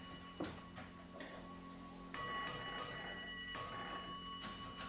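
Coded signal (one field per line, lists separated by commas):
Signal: bell signal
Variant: railway block instrument bell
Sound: several sharp single-stroke bell rings with lingering metallic tone, in loose groups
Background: room hum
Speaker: There are a list of official bell codes, but there are also a number of unofficial bell codes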